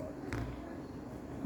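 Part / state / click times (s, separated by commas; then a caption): locking washer onto the post of a plastic safety eye in a crocheted amigurumi piece / seated / 0.3 s. A small locking washer is pressed from behind onto the post of a plastic safety eye that has been pushed through a crocheted cotton-twine amigurumi piece for a bear-themed structured crochet phone bag. Against a low background hum, a short, sharp click sounds at 0.3 s as the washer snaps home. The eye is now seated and locked in place.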